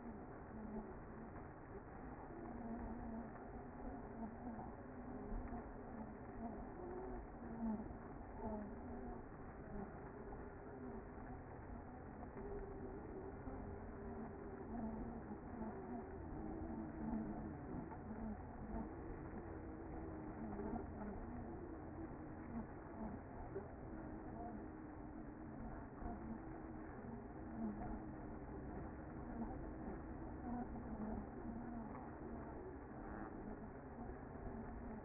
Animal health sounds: honeybee colony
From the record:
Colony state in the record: active

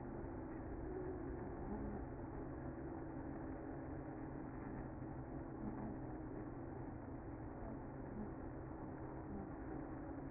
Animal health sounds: honeybee colony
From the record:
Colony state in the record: active

